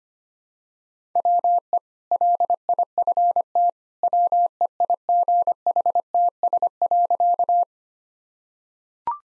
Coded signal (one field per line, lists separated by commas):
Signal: Morse code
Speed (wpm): 25 wpm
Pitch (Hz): 700 Hz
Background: none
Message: WE LIFT WEIGHTS.